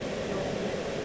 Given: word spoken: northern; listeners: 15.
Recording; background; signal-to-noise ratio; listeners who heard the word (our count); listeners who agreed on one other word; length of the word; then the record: one English word in noise, from a listening test; speech-shaped noise; -6.2 dB; 0 of 15; 6 of 15; 0.65 s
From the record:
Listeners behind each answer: 6, 2, 1, 1, 1, 1, 1, 1, 1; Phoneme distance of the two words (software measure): 27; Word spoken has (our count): 2 syllables, 5 phonemes, stress on syllable 1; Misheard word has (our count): 2 syllables, 4 phonemes, stress on syllable 1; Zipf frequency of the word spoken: 5.09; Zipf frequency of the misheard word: 4.91